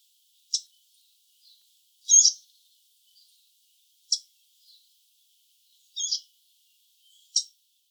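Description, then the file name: Eurasian blackcap calls: sharp dry tacks repeated every second or two, some louder and fuller, with soft ticking notes in between against silence. "Sylvia atricapilla"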